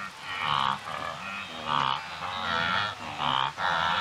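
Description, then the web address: Wildebeest grunts in short pulsed bursts, several in four seconds. Several wildebeest grazing and grunting, in Kenya. "BBC Africa Kenya. wildebeest several grazing and grunting with birds and insects in background"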